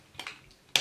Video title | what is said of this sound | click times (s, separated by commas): Transformers Age of the Prime Silverbolt - GotBot True Review NUMBER 1312 | that arm. They click into place. | 0.8 s